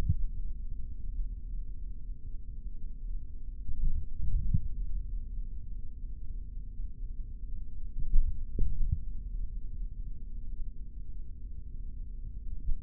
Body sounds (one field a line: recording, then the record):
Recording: forearm muscle sounds (acoustic myography)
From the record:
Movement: index flexion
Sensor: system 3, bracelet of six PUI Audio POM-2738L microphones around the upper forearm, with dedicated amplification and filtering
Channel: 3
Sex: male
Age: 26 years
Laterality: right